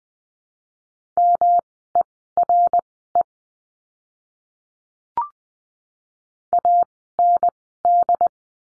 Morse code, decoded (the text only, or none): MERE AND